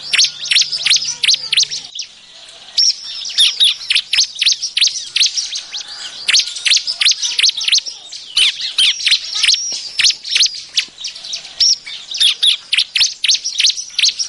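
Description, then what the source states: Bar-winged prinia chirping: dense, rapid, high-pitched sharp notes run almost continuously, with brief pauses and uneven bursts throughout. Noisy calls used as an effective lure.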